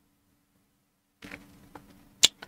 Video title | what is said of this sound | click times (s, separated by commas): Vlog 22 partie 1 | ça se clipse voilà comme | 2.2 s